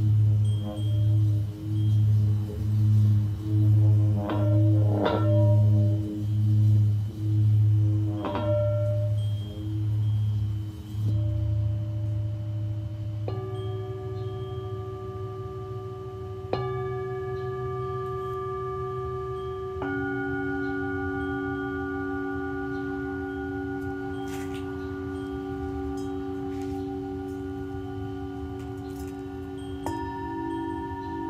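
Tibetan singing bowls pulse with a low wavering hum, then new struck tones enter around 11, 13, 17 and 20 seconds, layering long ringing notes.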